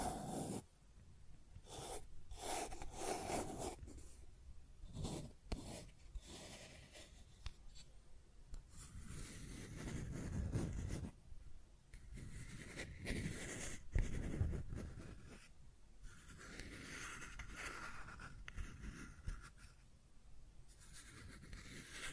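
Scratching and tracing sounds run throughout in uneven strokes, with sharp scrapes at irregular moments and softer dragging rubs between them.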